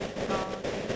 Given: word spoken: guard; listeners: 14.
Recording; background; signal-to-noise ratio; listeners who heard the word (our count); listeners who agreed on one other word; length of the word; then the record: one English word in noise, from a listening test; noise modulated by three-talker babble; -6.0 dB; 1 of 14; 7 of 14; 0.56 s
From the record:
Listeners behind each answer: 7, 3, 2, 1, 1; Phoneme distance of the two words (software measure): 10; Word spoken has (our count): 1 syllable, 3 phonemes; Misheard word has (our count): 1 syllable, 3 phonemes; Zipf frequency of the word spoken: 4.33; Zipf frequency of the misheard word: 4.89